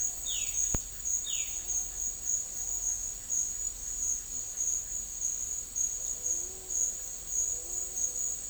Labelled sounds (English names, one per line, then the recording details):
Violaceous Jay
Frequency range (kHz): Violaceous Jay 1.8-4.5 kHz
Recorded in secondary vegetation near Puerto Asís, Putumayo, Colombia, on 4 March 2025 at 09:30
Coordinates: 0.499, -76.323
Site G094